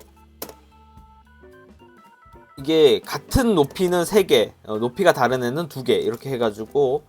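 A plastic fin funnel is pressed onto its backpack mount on a PG Unleashed Nu Gundam model kit and snaps into place with a loud, sharp click at 0.4 s. Faint sustained tones follow, then someone talks from about 2.6 s to the end. The fin funnel is seated.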